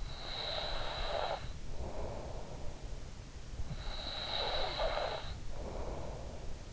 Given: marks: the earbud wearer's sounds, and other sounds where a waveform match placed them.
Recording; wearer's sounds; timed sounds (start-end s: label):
sounds in sleep by an in-ear microphone; snoring breath
0.15-2.96 s: snoring breath
3.83-6.73 s: snoring breath